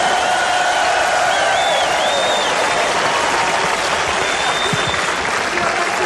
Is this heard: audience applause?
yes